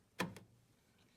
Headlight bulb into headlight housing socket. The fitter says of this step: locks into position it's nice and solid clicked in there and now it's ready to go